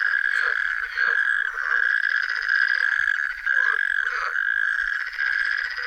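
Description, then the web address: Natterjack toad giving a dense, rasping rattling trill that continues throughout with brief dips in loudness. "Tajemnice puszczy Ropucha piaskówka"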